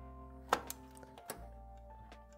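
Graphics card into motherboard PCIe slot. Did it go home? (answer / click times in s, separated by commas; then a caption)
yes / 0.5 s. A graphics card is pressed down into the top PCI Express x16 slot on a motherboard, and the slot's retention latch gives a sharp click at 0.5 s over steady background music. Softer knocks follow at about 0.7 s and 1.3 s, and the card is seated in the slot.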